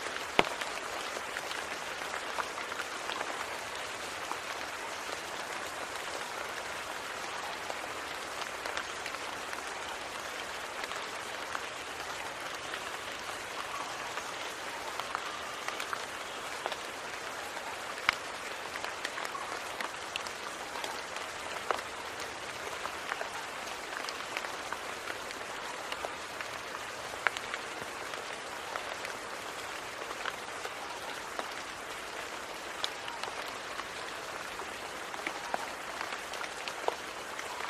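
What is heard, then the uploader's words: Rain falls in a steady, dense patter for the whole clip, a constant crackling hiss that sits in the middle and upper range with little low rumble. Countless small drops tick through it, with a few sharper taps standing out now and then. Rain Sounds.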